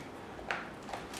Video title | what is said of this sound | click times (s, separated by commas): Unboxing: Griot's G9 Random Orbital Polisher Kit | it doesn't make really a loud sound but you can feel it click it | 0.5 s